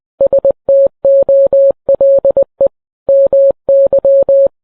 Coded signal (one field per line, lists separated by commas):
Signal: Morse code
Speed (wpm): 20 wpm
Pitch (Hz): 550 Hz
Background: none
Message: STOLE MY